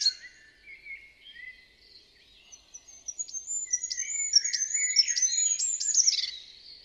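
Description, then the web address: Bird twittering softly at first with lower warbled notes, then building into a louder, rapid series of high, thin chirps and whistles. "Bird Only"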